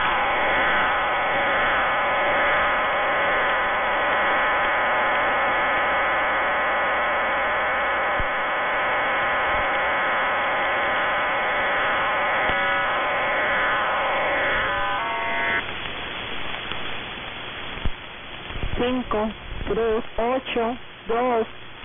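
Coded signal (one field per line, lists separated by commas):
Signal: numbers station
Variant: HM01, RDFT digital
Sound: buzzing multi-tone digital warble for fifteen seconds, then brief voice-like sounds through static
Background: radio static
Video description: Cuban numbers station HM01 hybrid voice and RDFT mode.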